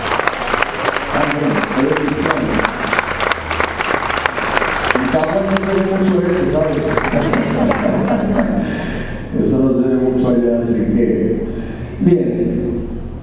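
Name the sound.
audience applause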